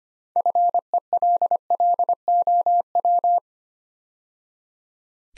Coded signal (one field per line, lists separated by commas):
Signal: Morse code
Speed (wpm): 25 wpm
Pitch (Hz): 700 Hz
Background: none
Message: FELLOW